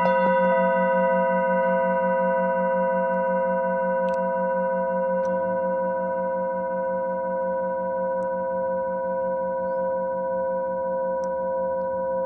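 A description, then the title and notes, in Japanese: A singing bowl rings steadily throughout, its layered tones holding level while a low hum beneath pulses in a slow, even wobble. Faint soft ticks surface around four, five, eight and eleven seconds over a quiet, hushed background. メキシコ-カンクンより サンライズサウンドヒーリングの中継ライブをしました。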